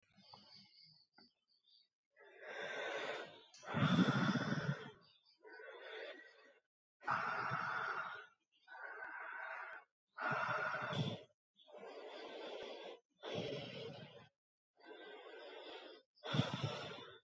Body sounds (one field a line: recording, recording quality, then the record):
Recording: deep breathing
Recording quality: excellent, no background noise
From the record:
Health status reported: exposed to COVID-19, no respiratory illness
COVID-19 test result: negative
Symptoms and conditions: cough, sore throat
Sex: male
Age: 40 years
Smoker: not ticked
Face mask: not worn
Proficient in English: yes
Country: India